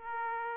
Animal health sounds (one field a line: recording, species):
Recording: mosquito wingbeat signal from an infrared sensor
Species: Aedes aegypti